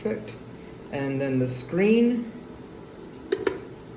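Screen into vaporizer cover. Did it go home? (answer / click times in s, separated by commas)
yes / 3.3 s, 3.5 s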